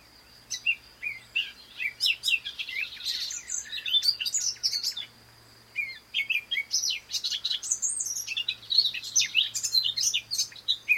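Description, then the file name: Eurasian blackcap song: repeated bursts of rapid, high, varied warbling separated by short pauses, over a faint low hum. "Sylvia atricapilla"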